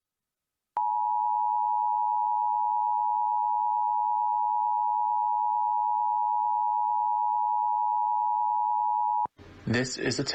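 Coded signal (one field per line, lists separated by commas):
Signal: Emergency Alert System (SAME) tones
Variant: 853 and 960 Hz attention tone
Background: speech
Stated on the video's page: Required Monthly Test on New York City AM radio, with SAME headers relayed by two stations.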